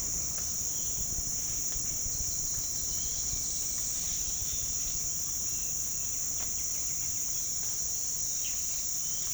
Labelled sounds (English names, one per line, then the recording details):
none
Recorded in pastures near Puerto Asís, Putumayo, Colombia, on 30 June 2025 at 07:00
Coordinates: 0.466, -76.322
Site GP07